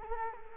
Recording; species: mosquito wingbeat signal from an infrared sensor; Culex quinquefasciatus